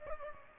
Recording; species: mosquito wingbeat signal from an infrared sensor; Aedes aegypti